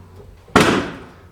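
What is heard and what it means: The metal engine hood of a Kubota L2501 compact tractor is shut by hand and slams into its latch. After a quiet stretch, a single sharp slam with a broadband burst rings out at 0.6 s and fades over the next half second, and the hood is latched in place.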